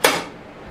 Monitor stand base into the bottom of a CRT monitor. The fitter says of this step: and then once they're all lined up you just press down and you should hear a click